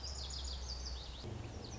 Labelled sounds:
Lazuli Bunting
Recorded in Sonoma County, California

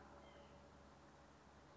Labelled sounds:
White-breasted Nuthatch
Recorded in Sonoma County, California

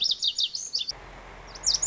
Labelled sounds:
Lazuli Bunting
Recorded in Sonoma County, California

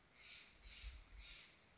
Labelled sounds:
Steller's Jay
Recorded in Sonoma County, California

